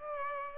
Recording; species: mosquito wingbeat signal from an infrared sensor; Aedes aegypti